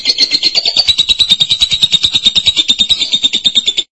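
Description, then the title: Lovebird giving a steady, fast, buzzy high trill that runs unbroken for nearly four seconds before stopping abruptly. "BM Suara Burung Lovebird"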